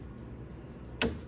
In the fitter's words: to screw it all the way until it clicks.